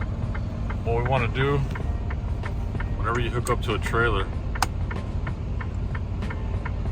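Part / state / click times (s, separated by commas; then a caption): trailer kingpin into tractor fifth wheel coupling / seated / 4.6 s. A truck backs under a trailer so its steel fifth wheel coupling closes on the trailer kingpin, with someone talking over an idling engine and a steady, regular ticking. One sharp, loud click stands out at 4.6 s as the fifth wheel jaws latch onto the kingpin, seating the coupling.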